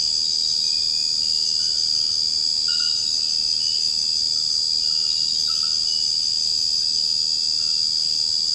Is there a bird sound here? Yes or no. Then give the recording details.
no. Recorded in secondary vegetation near Puerto Asís, Putumayo, Colombia, on 21 March 2025 at 01:00. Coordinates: 0.502, -76.326. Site G100